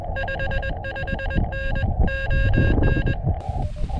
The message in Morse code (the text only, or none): 55N ON